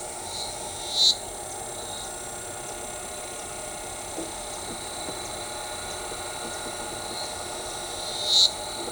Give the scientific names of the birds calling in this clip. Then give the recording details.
Anthracothorax nigricollis, Atalotriccus pilaris. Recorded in shrubland near Pivijay, Magdalena, Colombia, on 14 April 2023 at 10:00. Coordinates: 10.453, -74.365. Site P5-G022